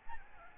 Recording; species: mosquito wingbeat signal from an infrared sensor; Aedes albopictus